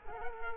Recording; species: mosquito wingbeat signal from an infrared sensor; Culex quinquefasciatus